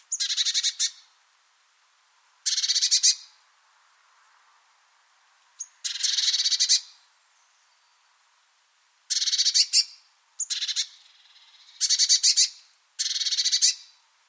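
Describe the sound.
Bird giving repeated short bursts of buzzy, rasping chatter. Each lasts under a second, and they are spaced irregularly, some close together and others a few seconds apart.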